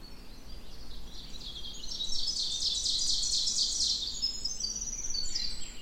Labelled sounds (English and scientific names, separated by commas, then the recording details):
Ovenbird (Seiurus aurocapilla) song
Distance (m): 35 m
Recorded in boreal forest in Alberta, Canada, on 16 June 2016 at 06:34
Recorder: SongMeter 3, array SBT-3-32
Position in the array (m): 163 m, 33 m
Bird 36